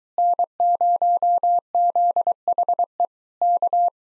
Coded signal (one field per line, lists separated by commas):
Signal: Morse code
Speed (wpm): 24 wpm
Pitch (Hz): 700 Hz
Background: none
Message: N0ZHE K